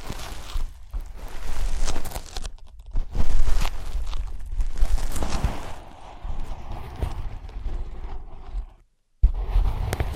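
Tapping and scratching on ear pads, with soft muffled thumps and rustling scrapes that come in uneven clusters. A low rumble sits under the busy texture, a few sharper taps break through, and everything drops to silence briefly near the nine-second mark.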